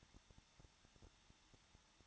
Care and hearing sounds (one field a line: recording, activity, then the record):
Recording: daily activity, microphone in the room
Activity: no activity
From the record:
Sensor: 3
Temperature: 21.2 degrees Celsius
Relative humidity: 36.4%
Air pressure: 1006.3 hPa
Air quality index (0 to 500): 223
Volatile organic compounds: 43 ppm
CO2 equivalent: 3200 ppm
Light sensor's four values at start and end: 2/3/2/2 and 2/3/2/2